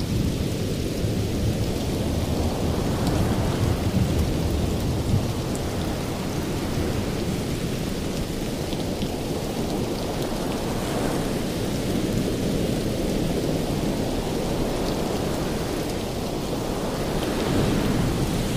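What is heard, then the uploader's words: Thunder and rain over ocean waves, a thick, steady roar that stays loud throughout. Deep rumbling fills the low end while a dense hiss of rain sits above it, with slow swells every few seconds that suggest waves rolling in. Thunder And Lightning Rain Sounds On Ocean Waves.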